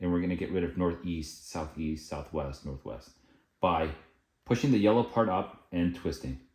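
Someone talks while the yellow plastic restrictor gate on an Arcade1Up arcade joystick base is pushed up and twisted toward the 4-way diamond position, cutting off the diagonal corners so the stick only moves up, down, left and right. Nothing has seated or clicked into place yet.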